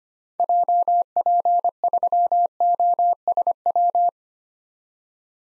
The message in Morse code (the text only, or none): JP3OSW